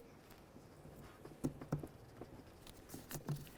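A hose connector with a green tab is handled at an intake fitting on a 2006–10 Ford Explorer, with the tab spread so the connector slides on more easily. Faint scraping and short taps are heard, sharpest around 1.7 s and 3.1–3.3 s. The connector has not yet seated or clicked home.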